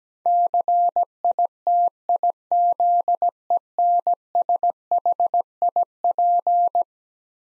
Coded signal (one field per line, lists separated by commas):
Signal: Morse code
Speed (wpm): 17 wpm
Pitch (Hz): 700 Hz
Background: none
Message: CITIZENSHIP